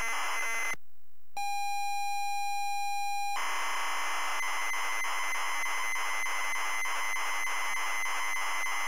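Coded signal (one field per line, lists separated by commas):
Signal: ZX Spectrum tape loading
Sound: short hiss, silence, a two-second steady buzzy pilot tone, then harsh rasping data screech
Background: tape hiss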